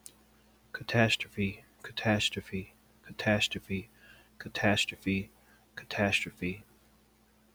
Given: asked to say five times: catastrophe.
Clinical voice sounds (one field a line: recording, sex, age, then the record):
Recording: repeated word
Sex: male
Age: 40 to 49 years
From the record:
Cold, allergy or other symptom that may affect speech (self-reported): no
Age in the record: 40 years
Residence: Minnesota, United States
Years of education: 12